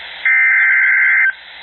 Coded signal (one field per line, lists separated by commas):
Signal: Emergency Alert System (SAME) tones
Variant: header bursts